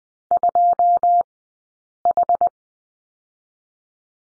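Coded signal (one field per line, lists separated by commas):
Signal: Morse code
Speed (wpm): 20 wpm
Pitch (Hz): 700 Hz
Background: none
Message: 2H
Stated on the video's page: Morse course lesson on number 5 at Farnsworth speed 20/10 wpm.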